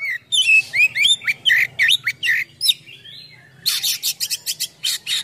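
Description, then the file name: Oriental magpie-robin pouring out a quick string of rich whistled notes, then a burst of harsh rasping chatter. Full song with imitations, described as gacor (singing persistently) with full isian (mimicked filler songs). "KACER GACOR FULL ISIAN MEWAH"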